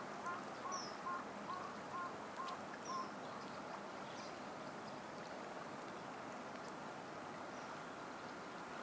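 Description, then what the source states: Bird song of short, clear notes repeated quickly about twice a second for three seconds, with higher chirps over steady background noise. Birdsong by the Tama River waterside in the morning as clouds turn the colour of the morning sun.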